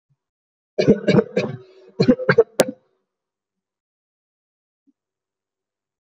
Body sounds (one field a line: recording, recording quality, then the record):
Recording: shallow voluntary cough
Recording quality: moderate, slight background noise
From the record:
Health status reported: healthy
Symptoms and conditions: none ticked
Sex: male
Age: 22 years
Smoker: not ticked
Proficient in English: yes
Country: India